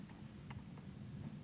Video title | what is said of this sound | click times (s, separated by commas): Leisure Travel Freedom Widebody Van Class B RV Operartions & Maintenance | you hear that little snap that's all you have to do | 0.5 s